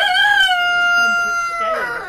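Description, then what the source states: Chicken crowing, a single loud sustained crow holding a steady pitch before breaking off at the end. Hens, Campsea.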